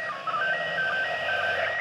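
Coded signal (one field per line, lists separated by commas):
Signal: SSTV (slow-scan television)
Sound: a warbling tone jumping between a few pitches over hiss with a steady low hum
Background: radio static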